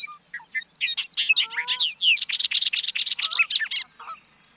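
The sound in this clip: Bobolink song: a rapid, bubbly jumble of tinkling, metallic notes lasting several seconds before ending.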